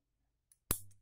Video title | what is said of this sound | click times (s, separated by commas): Jaguest Lecoultre Co Lecoultre's | snaps into place. | 0.7 s